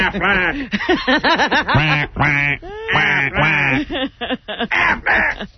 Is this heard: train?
no